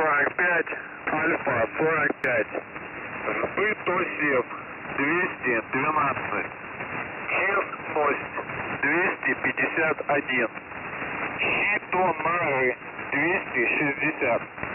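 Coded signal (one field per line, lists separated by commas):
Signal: coded military voice message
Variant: Russian, Squeaky Wheel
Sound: russian male voice over radio reading a callsign, numbers and code words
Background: radio static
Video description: callsign: Alfa-45 message: SBYuTSYV 212 ChYeSTNOST 251 ShchITONARYu 260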